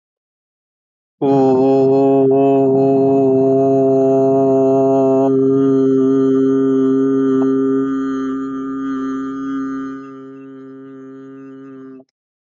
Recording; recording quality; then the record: sustained vowel as in boot; excellent, no background noise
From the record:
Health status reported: exposed to COVID-19, no respiratory illness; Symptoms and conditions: none ticked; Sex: male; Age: 50 years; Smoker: not ticked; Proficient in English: yes